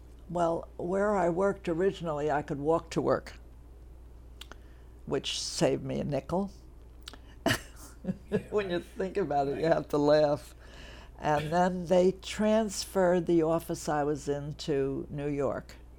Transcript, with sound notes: Well, where I worked originally, I could walk to work, which saved me a nickel. [chuckles] When you think about it, you have to laugh. And then they transferred the office I was in to New York.